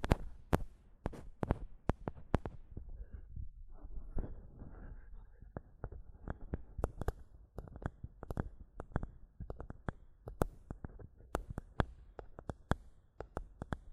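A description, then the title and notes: Tapping and scratching on a microphone, a rapid stream of sharp taps landing several times a second across the whole clip. Between the taps runs a soft, dense scratching rustle, with a brief lull near the four-second mark before the tapping picks up again. ASMR Mic Tapping and Scratching (No Talking).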